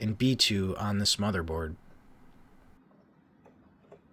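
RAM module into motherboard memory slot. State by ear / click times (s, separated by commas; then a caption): not seated / none. Someone talks briefly, then a DDR5 memory stick is handled at a motherboard DIMM slot, with faint ticks near 3.5 and 3.9 seconds against a quiet background. The stick is not yet pushed home: nothing has seated or clicked yet, and the plastic retention latches have not closed.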